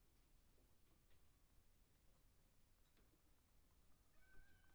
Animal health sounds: poultry house recording; healthy chickens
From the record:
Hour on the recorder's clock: 1

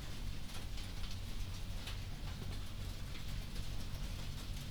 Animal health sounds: poultry house recording; no chicken sound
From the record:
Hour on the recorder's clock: 1

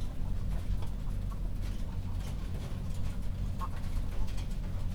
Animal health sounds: poultry house recording; healthy chickens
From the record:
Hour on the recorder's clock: 21

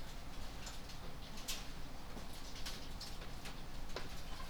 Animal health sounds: poultry house recording; healthy chickens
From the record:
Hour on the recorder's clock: 21

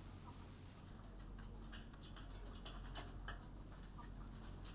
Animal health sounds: poultry house recording; healthy chickens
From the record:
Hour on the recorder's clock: 19

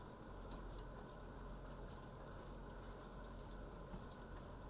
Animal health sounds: poultry house recording; healthy chickens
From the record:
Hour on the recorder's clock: 9

